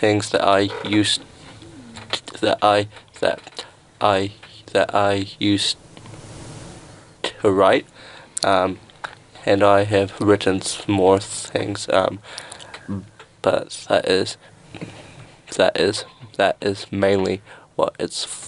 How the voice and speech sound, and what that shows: You can probably hear that I stutter. Comedy has helped gain confidence with his stutter.